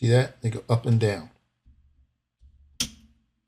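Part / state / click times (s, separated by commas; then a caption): memory slot retention latch on a motherboard / seated / 2.8 s. Someone talks while showing the plastic retention latches on a motherboard memory slot moving up and down. At 2.8 s, a latch snaps closed over the installed memory module with one sharp click. The latch is locked and the module is held in place.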